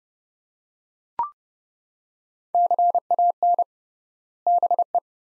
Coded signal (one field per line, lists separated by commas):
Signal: Morse code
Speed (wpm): 29 wpm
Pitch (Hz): 700 Hz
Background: none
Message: CAN BE